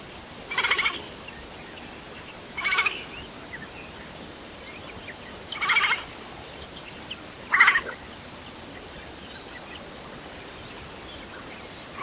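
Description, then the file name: Eurasian jay giving four harsh, rasping screeches, with a few faint high sounds between them. "Garrulus glandarius"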